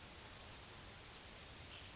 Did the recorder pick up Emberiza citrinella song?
no